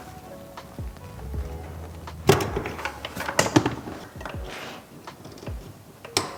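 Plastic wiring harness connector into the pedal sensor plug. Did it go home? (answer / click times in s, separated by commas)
yes / 6.2 s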